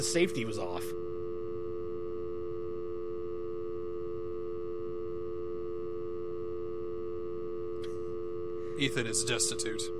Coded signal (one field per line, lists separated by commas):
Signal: telephone call progress tone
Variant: North America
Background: speech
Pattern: dial tone